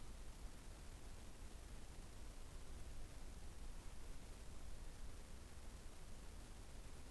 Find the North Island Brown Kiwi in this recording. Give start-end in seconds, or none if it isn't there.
none